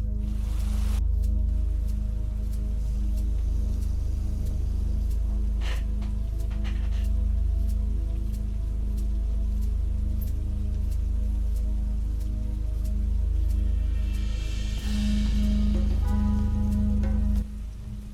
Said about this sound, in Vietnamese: Ngoài trời vẫn mưa tầm tã, kèm theo đó là tiếng sấm chớp nổ vang, gió thổi từng đợt, cây cối ngả nghiêng.